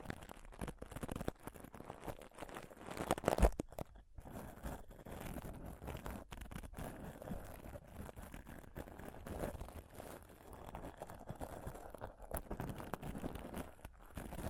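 Dense, continuous scratching and rubbing against a microphone, with crunchy, crackling textures throughout. A sharp bump lands around three and a half seconds, followed by a brief near-silent gap just before four seconds, then the rough, uneven friction resumes without letup.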